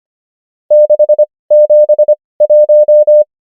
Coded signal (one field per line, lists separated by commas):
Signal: Morse code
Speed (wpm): 25 wpm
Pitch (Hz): 600 Hz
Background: none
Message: 6 7 1